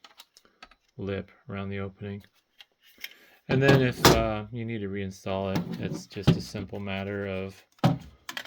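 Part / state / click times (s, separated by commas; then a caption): plastic optical drive blank into desktop tower front bezel / seated / 8.3 s, 8.4 s. A plastic optical drive blank is pushed back in through the front opening of a Dell Precision 3630 mini tower's front bezel while someone talks. Its clips lock into place with sharp clicks at 8.3 s and 8.4 s, and the blank is seated.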